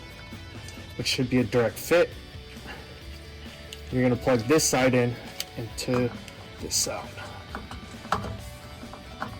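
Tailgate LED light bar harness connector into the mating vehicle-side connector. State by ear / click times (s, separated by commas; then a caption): seated / 8.1 s. Someone talks while pushing one half of the plastic wiring harness connector for an OPT7 Redline LED tailgate light bar on a Toyota Tacoma into the mating vehicle-side connector, a direct fit. A few small clicks lead up to one sharp, loud ratchet-like click at 8.1 s, as the connector seats and latches.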